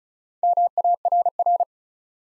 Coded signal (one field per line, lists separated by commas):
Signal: Morse code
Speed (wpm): 36 wpm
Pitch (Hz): 700 Hz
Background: none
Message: MARR